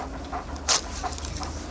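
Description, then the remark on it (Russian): A dog pants in soft, breathy bursts at a steady rhythm as food is put into its bowl, with one sharper huff and a faint high whimper mixed in, over a low background hum. “Ксения накладывает еду собаке в миску.”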